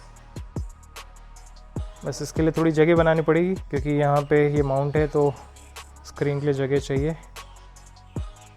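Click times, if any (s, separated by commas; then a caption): 8.2 s. A mount for a bike TPMS with a QC 3.0 and voltage monitor is fitted onto a motorcycle handlebar after room is made near the existing mount so the screen fits. Someone talks over faint background music, with a few short taps early on. At 8.2 s the mount clicks and locks fully in place.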